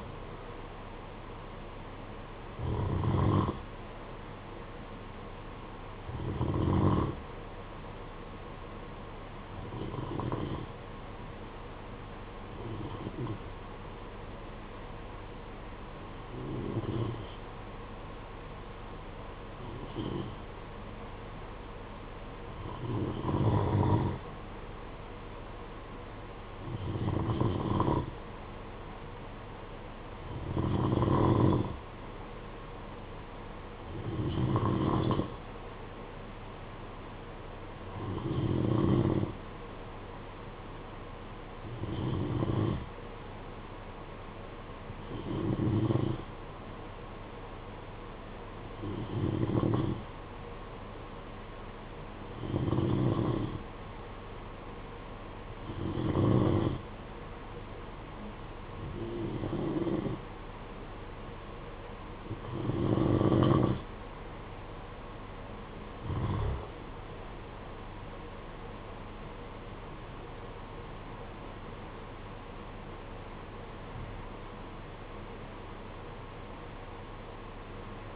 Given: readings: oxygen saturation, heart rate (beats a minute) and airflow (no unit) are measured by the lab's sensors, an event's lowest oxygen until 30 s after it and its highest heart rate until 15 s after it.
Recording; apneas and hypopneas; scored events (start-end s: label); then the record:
breathing in sleep by a voice recorder at the bedside; 1
10.00-30.20 s: hypopnea (N2, oxygen 94% highest, then 91% lowest, heart rate 50 at the start, 54 highest)
From the record:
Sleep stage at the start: N2 (light sleep); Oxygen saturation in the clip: 87 to 94%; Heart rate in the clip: 50 to 66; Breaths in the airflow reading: 21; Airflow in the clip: -11.5 to 10.0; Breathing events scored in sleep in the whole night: 476 in 9.7 hours asleep